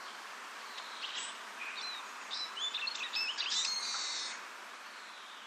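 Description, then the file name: Eurasian siskin calls: a brief busy run of high chirps and thin whistled notes, densest around the middle, fading again before the end over soft background hiss. Recorded at Ohi, Saitama, Japan, on 8 April 2021. "mahiwa 210408 saitama ohi"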